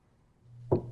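A door opens quietly as a man enters: a low creaking swell builds, then a short click of the latch rings out with a faint metallic tone before fading. No voices.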